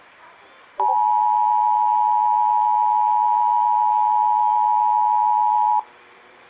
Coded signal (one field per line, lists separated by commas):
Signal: Emergency Alert System (SAME) tones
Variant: 853 and 960 Hz attention tone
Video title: EAS 562 SMW NWS MIAMI